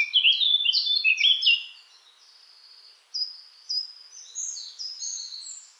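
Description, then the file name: Eurasian blackcap song: a loud tumbling warble of mixed notes at the start, a quiet spell, then softer high, thin phrases with light background hiss. "Sylvia atricapilla"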